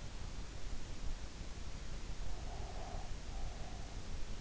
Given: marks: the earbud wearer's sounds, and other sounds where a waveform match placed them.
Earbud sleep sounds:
sounds in sleep by an in-ear microphone; breath
2.24-4.24 s: breath

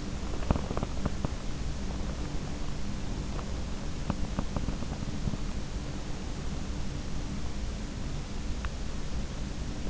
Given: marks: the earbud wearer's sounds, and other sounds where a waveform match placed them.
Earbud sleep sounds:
sounds in sleep by an in-ear microphone; teeth grinding
0.00-2.00 s: teeth grinding
3.84-5.76 s: teeth grinding

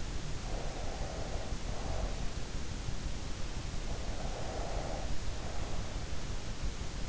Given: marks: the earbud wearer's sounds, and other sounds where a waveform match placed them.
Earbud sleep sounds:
sounds in sleep by an in-ear microphone; breath
0.24-2.30 s: breath
3.94-6.04 s: breath

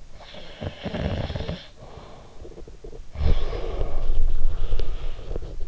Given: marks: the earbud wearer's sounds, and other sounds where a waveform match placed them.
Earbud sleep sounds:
sounds in sleep by an in-ear microphone; snoring breath
0.21-2.60 s: snoring breath
3.12-5.22 s: snoring breath

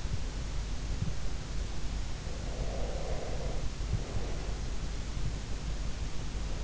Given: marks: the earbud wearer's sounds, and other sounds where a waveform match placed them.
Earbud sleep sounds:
sounds in sleep by an in-ear microphone; breath
2.32-4.76 s: breath

